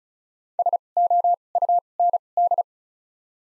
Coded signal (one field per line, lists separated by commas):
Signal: Morse code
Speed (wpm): 36 wpm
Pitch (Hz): 700 Hz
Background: none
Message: S O U N D